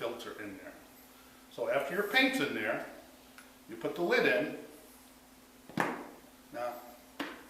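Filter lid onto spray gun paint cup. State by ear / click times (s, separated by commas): seated / 7.2 s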